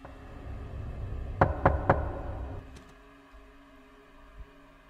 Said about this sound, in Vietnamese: thì lão lại giật mình, bởi vì tiếng gõ cửa lại vang lên.